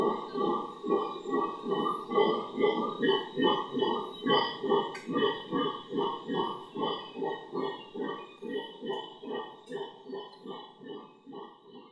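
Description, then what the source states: Howler monkey giving rhythmic guttural roars, pulsing steadily and fading slightly toward the end. Howler monkeys in Otún Quimbaya Sanctuary, Risaralda, Colombia; recorded in 2011.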